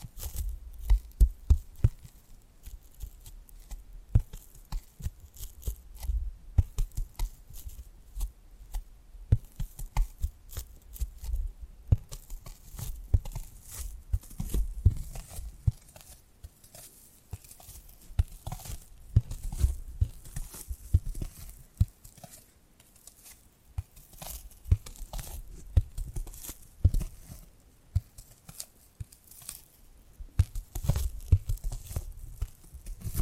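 Tapping and scratching sounds run through the whole stretch, a dense, irregular stream of short clicks and scrapes with papery, tearing and crinkling textures. Low thumps recur throughout, bunching in busier spells near the start, middle and end, with brief quieter lulls between.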